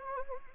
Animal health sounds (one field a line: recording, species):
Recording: mosquito wingbeat signal from an infrared sensor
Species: Anopheles arabiensis